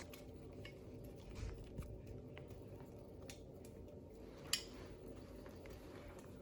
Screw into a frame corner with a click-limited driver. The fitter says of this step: you hear a click